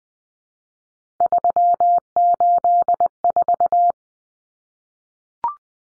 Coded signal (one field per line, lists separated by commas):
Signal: Morse code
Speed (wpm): 20 wpm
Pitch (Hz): 700 Hz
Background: none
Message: 384